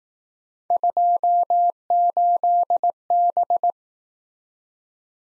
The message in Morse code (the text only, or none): 28B